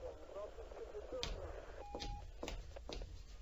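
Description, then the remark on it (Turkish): A short, steady electronic tone sounds briefly from an open telephone receiver still held in a hand, amid a hissy, noisy background with scattered clicks and knocks, and faint indistinct voices murmur underneath. “Ölmeden önce beni aradığı telefonun kulaklığı hala elinde ve açık.”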